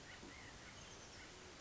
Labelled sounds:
Oak Titmouse
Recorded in Sonoma County, California

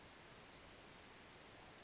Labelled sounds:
Western Flycatcher
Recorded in Sonoma County, California

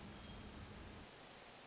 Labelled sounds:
Hermit Thrush
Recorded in Sonoma County, California

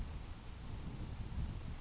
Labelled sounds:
Grasshopper Sparrow
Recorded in Sonoma County, California

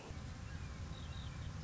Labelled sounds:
Red-shouldered Hawk
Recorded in Sonoma County, California

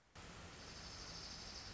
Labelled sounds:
Dark-eyed Junco
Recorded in Sonoma County, California

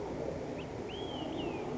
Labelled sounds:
Olive-sided Flycatcher
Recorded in Sonoma County, California

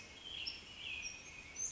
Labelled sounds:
American Robin
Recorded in Sonoma County, California

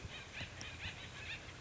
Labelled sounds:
Acorn Woodpecker
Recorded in Sonoma County, California

